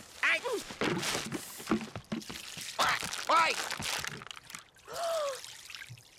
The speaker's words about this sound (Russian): Она сопротивляется и случайно цепляется за ведро с водой. Оно падает на пол и проливается на эскизы.